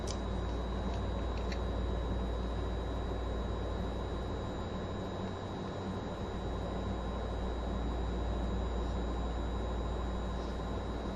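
Running noise from a moving vehicle, a dense, steady roar heavy in the low end that holds an even level for the whole stretch. A thin high whine rides on top throughout, with a few faint ticks near the start.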